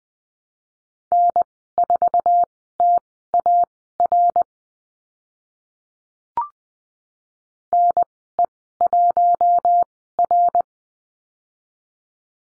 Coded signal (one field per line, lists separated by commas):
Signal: Morse code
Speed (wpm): 20 wpm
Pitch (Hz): 700 Hz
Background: none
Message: N4TAR NE1R